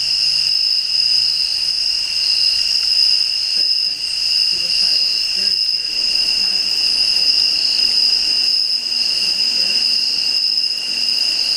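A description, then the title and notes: Crickets chirp at night in a steady, dense chorus, several high shrill tones overlapping without a break for the whole twelve seconds. Faint low murmurs, possibly a voice, surface briefly around the middle, near the four- to six-second mark, under the unchanging insect trill. The sound of Crickets at night time.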